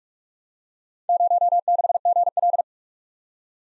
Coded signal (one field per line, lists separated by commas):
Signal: Morse code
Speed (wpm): 47 wpm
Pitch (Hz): 700 Hz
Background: none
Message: 06GL